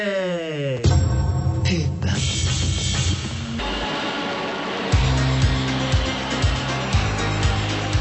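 A car skids with screeching brakes: a harsh, wavering squeal slides downward for under a second, then gives way to a loud, sustained rushing roar with rhythmic thumping pulses later on.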